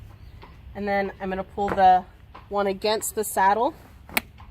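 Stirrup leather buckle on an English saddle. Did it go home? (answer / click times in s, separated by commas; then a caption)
yes / 4.2 s. A stirrup leather on an English saddle is pulled up so its buckle slides home against the saddle's stirrup bar area while someone talks. A sharp click is heard at 4.2 s as the buckle seats tight against the saddle.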